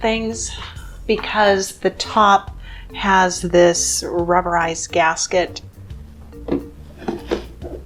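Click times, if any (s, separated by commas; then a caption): 7.1 s, 7.3 s. A plastic lid with a rubberized gasket is fitted onto a Sterlite plastic freezer storage container while someone talks. Two sharp snaps at 7.1 and 7.3 seconds mark the lid seating in place.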